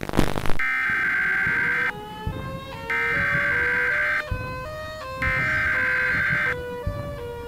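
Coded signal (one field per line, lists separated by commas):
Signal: Emergency Alert System (SAME) tones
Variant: header bursts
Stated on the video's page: Fictional EAS scenario for a Showbiz Pizza story.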